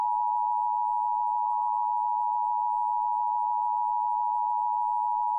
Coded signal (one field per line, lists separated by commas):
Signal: Emergency Alert System (SAME) tones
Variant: 853 and 960 Hz attention tone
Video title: National EAS Test [CBS 47 Atlanta]